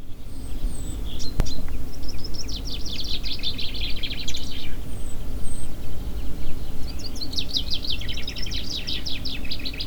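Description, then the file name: Common chaffinch delivering two quick descending trilled song phrases, one early and one late, against steady low-pitched background rumble and a brief click. "Fringilla coelebs"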